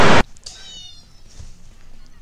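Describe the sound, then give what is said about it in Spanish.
A short, loud burst of harsh noise cuts off, followed by a single drawn-out, high-pitched meow from a cat being run over, wavering and fading into quiet background hiss. “Por favor, el gato atropellado.”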